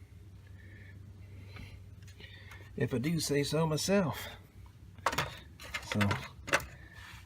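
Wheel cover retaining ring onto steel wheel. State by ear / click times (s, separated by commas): seated / 6.5 s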